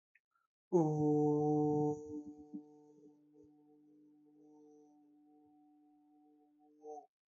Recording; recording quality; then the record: sustained vowel as in boot; excellent, no background noise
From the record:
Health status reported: healthy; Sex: male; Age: 26 years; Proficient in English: yes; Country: India